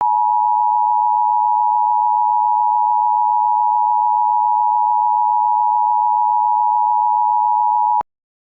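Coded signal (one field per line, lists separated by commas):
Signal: Emergency Alert System (SAME) tones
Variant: 853 and 960 Hz attention tone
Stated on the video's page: Recreated mock alert made with EASyPLUS software.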